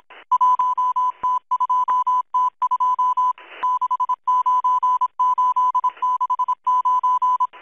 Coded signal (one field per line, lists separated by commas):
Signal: Morse code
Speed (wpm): 26 wpm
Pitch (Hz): 1000 Hz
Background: none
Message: 1T2T2 69869